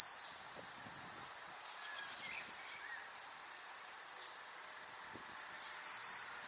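Eurasian blue tit call: after a long quiet stretch with a brief high note at the start, a rapid burst of four thin, high, slightly descending notes near the end.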